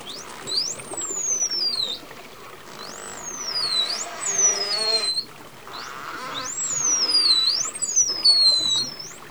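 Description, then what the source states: Dolphin whistles repeated in groups, each rising sharply then sliding down in a long glide, with buzzy pulsed sounds and clicks between them. Dolphins recorded underwater, communicating.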